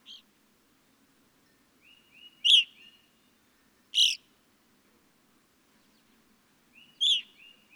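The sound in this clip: Evening grosbeak giving sharp, ringing chirps at irregular intervals, some loud notes followed or preceded by faint, short notes.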